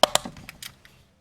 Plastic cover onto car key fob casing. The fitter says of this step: you can just put the cover back and it will snap in place